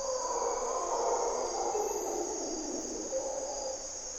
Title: Mantled Howler Monkeys in Corcovado morning twilight